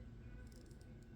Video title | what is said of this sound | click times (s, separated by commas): Build #1254 - Tennessee Volunteers - Cornett | You'll hear it clicking and you'll feel a little bit of play. You'll know that you're off that crown tube. | 0.5 s, 0.7 s, 0.8 s